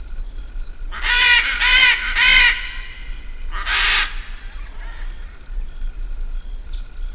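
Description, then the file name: Military macaw harsh raucous squawks, three in quick succession then a single call, over a steady high whine. "canto del guacamayo militar"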